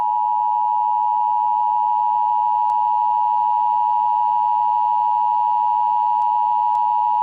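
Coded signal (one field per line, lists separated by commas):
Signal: Emergency Alert System (SAME) tones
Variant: 853 and 960 Hz attention tone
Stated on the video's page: EAS alarm as carried on weather radio.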